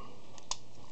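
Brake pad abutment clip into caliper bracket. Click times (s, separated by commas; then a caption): 0.5 s. A metal brake pad abutment clip from a Ford Explorer rear disc brake kit is stuffed down into the caliper bracket until it pops into place on the other side. A faint tick at 0.4 s is followed by a sharp, bright metallic pop at 0.5 s, and the clip is seated.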